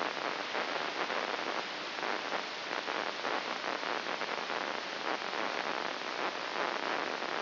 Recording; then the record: brain microelectrode recording played as sound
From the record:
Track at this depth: inside the subthalamic nucleus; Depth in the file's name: 4.402 mm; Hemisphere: right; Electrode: 2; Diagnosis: Parkinson's disease